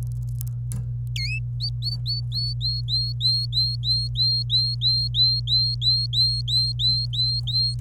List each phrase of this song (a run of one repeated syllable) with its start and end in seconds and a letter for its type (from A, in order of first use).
1.16-1.39 A, 1.60-7.74 B